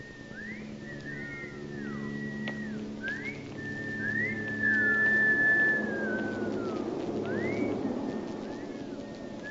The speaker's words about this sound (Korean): 노마의 말이 끝나자 어린 시절의 아들딸들이 휘파람을 불며 모두 나타납니다.